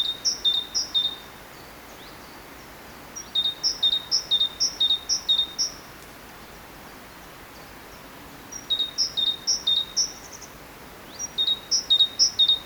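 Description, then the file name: Great tit song: bright two-note phrases, a high note then a lower one, repeated in four bursts of about three to five pairs, with soft background hiss. "Parus major"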